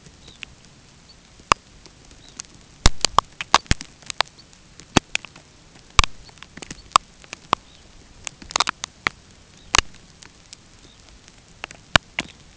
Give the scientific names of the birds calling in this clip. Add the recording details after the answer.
Phalaropus fulicarius. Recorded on Arctic tundra, site UTQI-5, on 13 June 2019. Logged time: 06:00